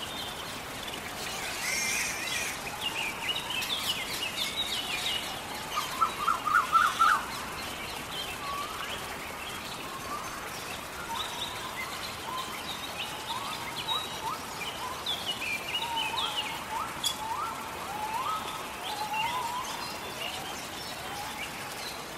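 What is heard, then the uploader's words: Rain hisses steadily through a forest for the whole stretch, an even wash with no breaks. Birds chirp and call over it in scattered bursts, clearest around six to seven seconds, with softer, quick trills returning near eleven and fifteen to nineteen seconds. Planet Earth Rain | Relaxing Sounds in a forest. The sound of a rainstorm and earthly lifeforms in the forest next to the spaceport.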